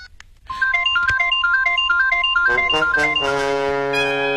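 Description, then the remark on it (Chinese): A mobile phone rings after its number is dialed from another mobile phone that had been found. The ringtone plays a bright, bouncing electronic melody of repeated short notes over a steady tone, swelling into a fuller, sustained chord toward the end, with no one speaking. “拨打自己的手机号码，显示屏显示的正是卜镇长告诉她的卜小韵的手机号，显然这部手机就是卜小韵的。”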